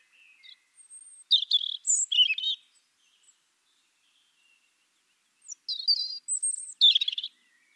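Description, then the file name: European robin singing two brief phrases of high, liquid, warbled notes that leap between pitches, with a silent gap of about three seconds between them. "Erithacus rubecula"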